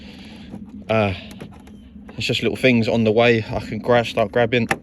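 An aftermarket plastic trim clip on a BMW trim piece is being handled for fitting into the car body panel while someone talks. A brief mechanical whir sounds near the start before the speech. Nothing has seated or clicked into place yet.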